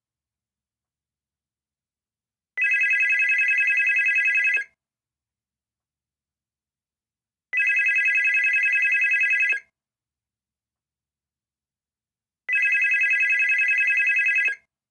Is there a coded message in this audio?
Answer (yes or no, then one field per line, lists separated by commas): no